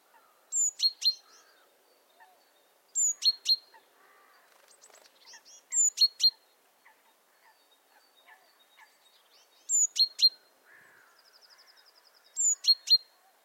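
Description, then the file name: Great tit calling a thin high note then two sharp chipping notes, repeated five times every few seconds; a brief buzzy trill sounds near the end. "Parus major"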